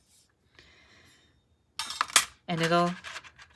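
A metal sentiment cutting die is handled over a plastic embossing folder, being placed on its logo side, with faint rustling and a few sharp clicks and taps around 1.8, 2.0 and 2.2 seconds. Someone talks briefly. Nothing has seated or snapped into place yet by the end of the clip.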